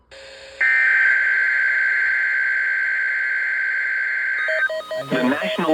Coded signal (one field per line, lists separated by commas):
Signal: Emergency Alert System (SAME) tones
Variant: header bursts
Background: speech